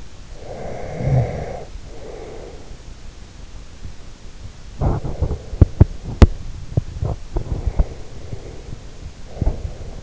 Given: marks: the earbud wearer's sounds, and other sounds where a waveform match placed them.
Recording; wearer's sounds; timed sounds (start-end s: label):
sounds in sleep by an in-ear microphone; snoring breath, teeth grinding, breath
0.26-2.60 s: snoring breath
4.74-8.08 s: teeth grinding
7.95-10.03 s: breath